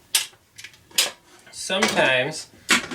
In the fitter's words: that safety lock you can hear that click